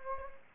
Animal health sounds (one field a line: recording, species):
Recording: mosquito wingbeat signal from an infrared sensor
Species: Anopheles gambiae